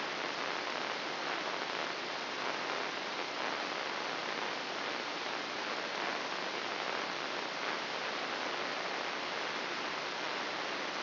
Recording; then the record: brain microelectrode recording played as sound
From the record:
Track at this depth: inside the subthalamic nucleus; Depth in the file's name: 4.11 mm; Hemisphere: left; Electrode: 3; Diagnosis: Parkinson's disease